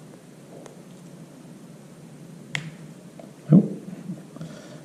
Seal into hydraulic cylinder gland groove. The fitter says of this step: she snapped right in there actually that went a lot easier than I thought it might